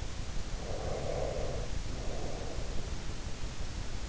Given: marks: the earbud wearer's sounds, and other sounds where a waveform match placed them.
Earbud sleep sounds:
sounds in sleep by an in-ear microphone; breath
0.72-3.48 s: breath

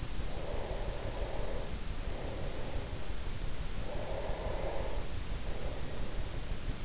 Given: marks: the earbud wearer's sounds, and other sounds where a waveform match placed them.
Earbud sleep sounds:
sounds in sleep by an in-ear microphone; breath
0.32-3.10 s: breath
3.65-6.67 s: breath

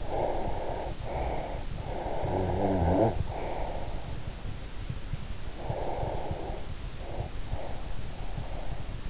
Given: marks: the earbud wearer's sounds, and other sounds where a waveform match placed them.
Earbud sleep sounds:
sounds in sleep by an in-ear microphone; breath, snoring breath
0.00-1.64 s: breath
1.80-4.05 s: snoring breath
5.66-8.93 s: breath

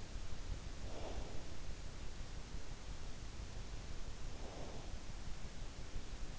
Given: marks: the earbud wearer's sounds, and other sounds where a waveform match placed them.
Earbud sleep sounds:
sounds in sleep by an in-ear microphone; breath
0.65-1.72 s: breath
4.13-5.25 s: breath

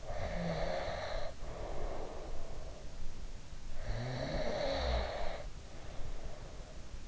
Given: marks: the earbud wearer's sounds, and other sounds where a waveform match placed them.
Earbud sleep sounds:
sounds in sleep by an in-ear microphone; snoring breath
0.00-3.11 s: snoring breath
3.82-7.03 s: snoring breath

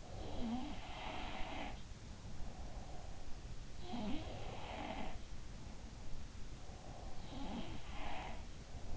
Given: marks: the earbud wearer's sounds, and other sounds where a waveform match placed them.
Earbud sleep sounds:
sounds in sleep by an in-ear microphone; breath
0.00-3.33 s: sound from someone else or the room
2.48-3.52 s: breath
3.72-6.28 s: sound from someone else or the room
6.54-7.45 s: breath
7.26-8.96 s: sound from someone else or the room

